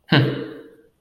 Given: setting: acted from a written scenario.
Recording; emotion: vocal sound without words; neutral